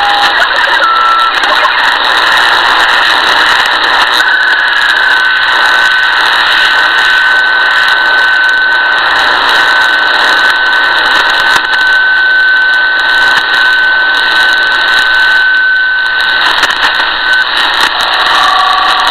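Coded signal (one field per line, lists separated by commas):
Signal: HF data modem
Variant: Saab Grintek MHF-50 MFSK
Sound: continuous dense hissing data warble with a steady whistle tone throughout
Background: radio static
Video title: 4346 kHz South Africa Navy - Saab Grintek MHF-50 MFSK Modem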